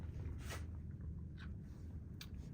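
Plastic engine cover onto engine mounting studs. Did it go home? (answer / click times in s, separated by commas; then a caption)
yes / 2.2 s. A plastic engine cover holding the new air filter is pressed back onto the engine's mounting studs on a Golf 5 GTI. After some brief handling noises, a single sharp pop at 2.2 seconds marks the cover snapping into place. The cover is seated.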